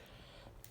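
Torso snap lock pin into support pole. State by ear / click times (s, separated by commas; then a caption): seated / 0.6 s. The main torso of a Halloween animatronic is fitted onto its support poles, and a spring snap-lock pin on the pole engages. Over a steady low background hiss, one sharp, bright click sounds at 0.6 s as the pin snaps into the pole. The torso is seated.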